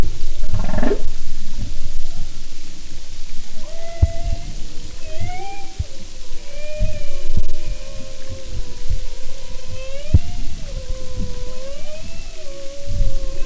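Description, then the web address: Humpback whale calls: long, wavering tonal moans that rise and fall in pitch, with fainter higher upsweeping tones above and scattered low clicks and knocks beneath. "Sound and Marine Mammals humpback"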